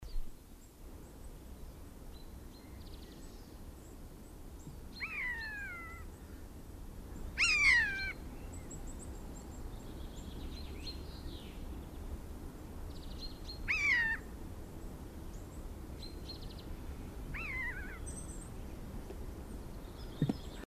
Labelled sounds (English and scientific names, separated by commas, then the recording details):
Eurasian Jay (Garrulus glandarius) call
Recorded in the wild
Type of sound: call
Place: Garmisch-Partenkirchen, Bayern, DE
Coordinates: 47.5053, 11.0797
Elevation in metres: 770
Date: 1967-03-25
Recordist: Tretzel, Erwin
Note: Vermutlich Ostern 1967, Kramerplateauweg: Rufe